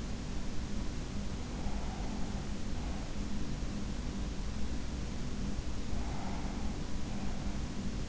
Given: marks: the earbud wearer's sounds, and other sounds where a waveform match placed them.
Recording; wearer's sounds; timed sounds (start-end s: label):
sounds in sleep by an in-ear microphone; breath
1.41-3.47 s: breath
5.70-8.09 s: breath